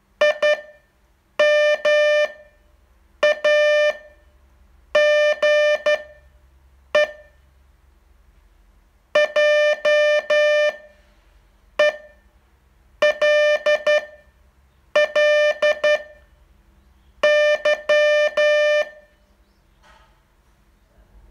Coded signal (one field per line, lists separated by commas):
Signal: Morse code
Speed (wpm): 11 wpm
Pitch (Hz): 600 Hz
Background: music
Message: IMAGE JELLY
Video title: Learn Morse in 42 Days from VU2LAU - day 38 test